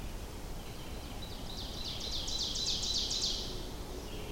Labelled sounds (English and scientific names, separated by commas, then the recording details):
Ovenbird (Seiurus aurocapilla) song
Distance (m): 75 m
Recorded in boreal forest in Alberta, Canada, on 25 June 2016 at 07:13
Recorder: SongMeter 3, array SBT-6-76
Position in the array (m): 302 m, 86 m
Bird 1